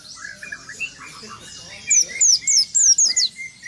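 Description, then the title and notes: White-eye song: a quick burst of sharp, high, downward-slurred chirps in a tight series, over a background of softer chattering and lower whistles. "Burung Peci. kumpuln pleci terbaru"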